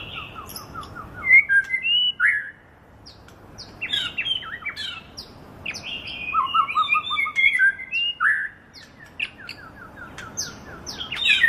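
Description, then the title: Bird delivering a long varied medley of sharp whistles, quick chirps and short trills, with several loud bursts broken by quieter stretches. Masteran (training) recording for songbirds. "LuckyBurung MasteranBest"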